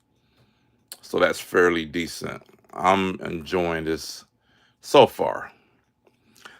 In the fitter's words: lever right there so it's a fairly decent amount and when you put it down it locks into place